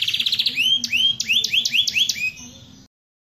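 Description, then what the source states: Atlantic canary singing a fast buzzy trill, then a run of high, upswept whistled notes, several a second, before stopping abruptly. With 30-second pauses.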